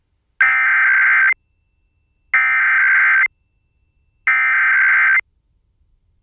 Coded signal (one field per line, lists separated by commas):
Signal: Emergency Alert System (SAME) tones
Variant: header bursts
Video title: Virginia Required Monthly Test on WVBW Norfolk, VA (7/4/22) (EAS #23)